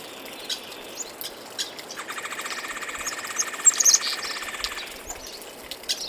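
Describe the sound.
Bird giving a rapid pulsed trill that runs for nearly three seconds, with sharp high chirps before and after it.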